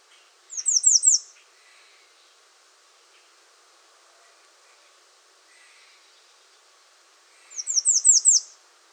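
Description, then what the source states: American redstart song: a phrase of five high, downslurred notes given twice, about seven seconds apart, with faint lower chirps between. Recorded 21 June 2019.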